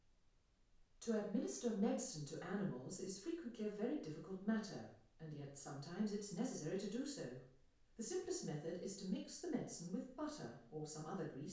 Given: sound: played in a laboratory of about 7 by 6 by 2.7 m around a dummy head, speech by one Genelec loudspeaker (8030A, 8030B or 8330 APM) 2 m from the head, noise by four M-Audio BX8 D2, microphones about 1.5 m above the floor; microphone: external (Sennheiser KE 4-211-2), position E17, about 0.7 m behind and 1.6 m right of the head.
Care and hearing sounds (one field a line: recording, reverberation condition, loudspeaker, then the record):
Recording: female speech in English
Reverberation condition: medium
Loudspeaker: 30 degrees to the right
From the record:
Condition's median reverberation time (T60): about 510 ms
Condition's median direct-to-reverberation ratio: about -0.5 dB